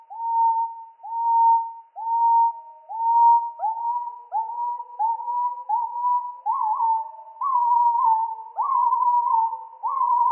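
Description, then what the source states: Firecrest song, slowed down: a steady series of low whistled notes about once a second, each sliding upward, rising slightly in pitch toward the end. Song slowed down three octaves.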